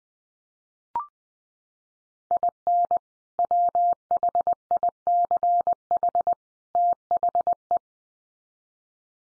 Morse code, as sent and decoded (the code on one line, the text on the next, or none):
.. -. / .-- .... .. -.-. .... / - .... .
IN WHICH THE